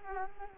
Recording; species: mosquito wingbeat signal from an infrared sensor; Culex quinquefasciatus